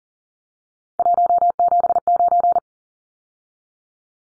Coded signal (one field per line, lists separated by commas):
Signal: Morse code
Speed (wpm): 40 wpm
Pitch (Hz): 700 Hz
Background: none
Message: 179